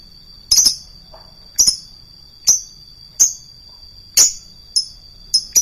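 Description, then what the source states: Lovebird uttering sharp, high chirps at uneven intervals of under a second, with a steady high-pitched whine in the background. Call style named konslet.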